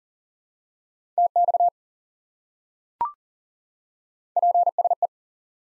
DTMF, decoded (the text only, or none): none